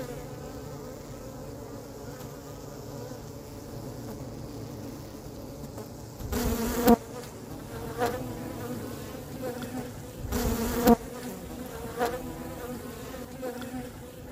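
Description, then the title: Honey bees humming steadily inside a hive, a low droning tone with overtones, broken twice by short loud rustling bursts and a few soft knocks. Honey bees inside a hive on day 28 after the colony was settled. "Beetrine, Tag 28 nach Besiedelung"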